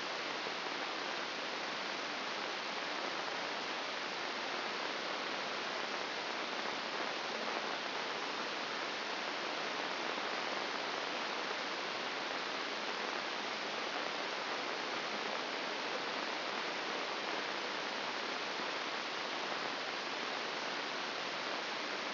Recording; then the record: brain microelectrode recording played as sound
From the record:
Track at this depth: inside the subthalamic nucleus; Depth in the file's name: 4.302 mm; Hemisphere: left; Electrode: 2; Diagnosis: Parkinson's disease